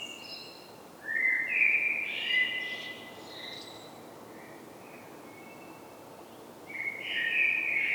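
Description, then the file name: Common blackbird delivering two fluty warbled phrases with squeaky high notes, separated by a long quiet gap, over gentle hiss. "Turdus merula"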